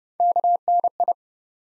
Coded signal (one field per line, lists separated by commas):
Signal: Morse code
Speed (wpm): 30 wpm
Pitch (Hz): 700 Hz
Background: none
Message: KNI